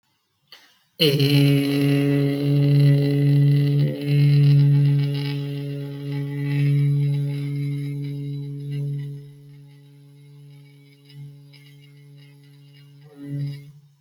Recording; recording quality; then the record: sustained vowel as in made; excellent, no background noise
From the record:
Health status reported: healthy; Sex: male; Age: 23 years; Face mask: not worn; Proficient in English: yes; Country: India